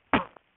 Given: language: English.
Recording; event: throat vibration sensor signal played as sound; cough